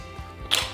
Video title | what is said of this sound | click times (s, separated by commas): Ab wann und wie einen Gewichthebergürtel benutzen? | dann ist der eingerastet und hier bewegt sich wirklich gar nichts, wenn ihr den umhabt. | 0.5 s